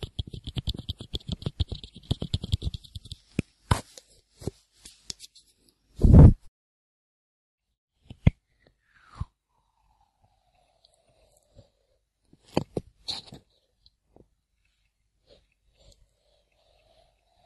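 Ear cleaning sounds: a dense run of fast, scratchy crackles fills the first three seconds, then thins into scattered clicks and rustles. A louder muffled thump lands near six seconds and a brief crackling cluster near thirteen, with a faint thin whistle drifting downward between.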